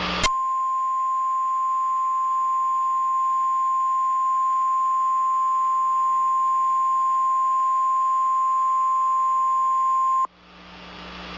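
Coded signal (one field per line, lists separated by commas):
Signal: Emergency Alert System (SAME) tones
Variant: 1050 Hz attention tone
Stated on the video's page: Mock EAS storm alert with valid tones, originally from another uploader's audio.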